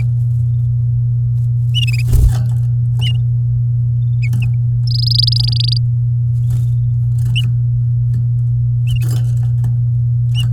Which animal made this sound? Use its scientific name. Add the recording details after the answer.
Serinus canaria. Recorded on 9 May 2018 at 08:21. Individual llb16